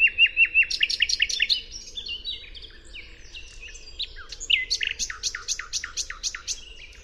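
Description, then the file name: Common nightingale song: loud rapid series of repeated downslurred notes, a pause of softer varied phrases, then another long burst of fast repeated notes. "Luscinia megarhynchos"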